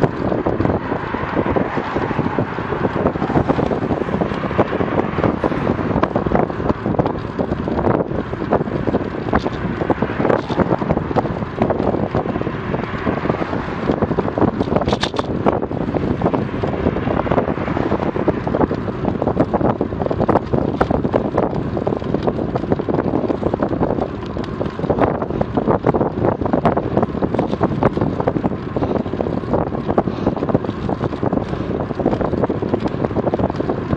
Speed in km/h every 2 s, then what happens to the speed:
29, 30, 30, 30, 30, 30, 30, 29, 29, 29, 29, 29, 29, 29, 29, 30, 30.
0-34 steady at about 29.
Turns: none.